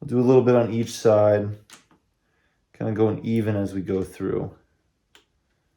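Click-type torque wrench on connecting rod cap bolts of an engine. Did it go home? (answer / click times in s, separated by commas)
yes / 5.1 s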